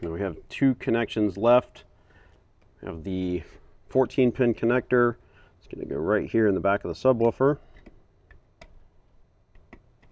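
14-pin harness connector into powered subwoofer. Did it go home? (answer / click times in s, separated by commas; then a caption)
no / none. A 14-pin plastic harness connector is handled at the back of an Alpine plug-and-play powered subwoofer from a 4-channel amp and subwoofer kit for a 2014–2021 Toyota Tundra. Someone talks through the first 7.5 seconds, followed by a few faint, sharp handling ticks between about 7.9 and 9.7 seconds. The connector has not clicked into place yet.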